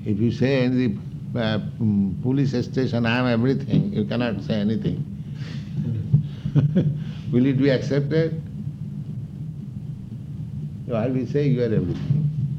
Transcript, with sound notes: If you say in the police station, "I am everything. You cannot say anything," [chuckles] will it be accepted? So how do you say you are everything?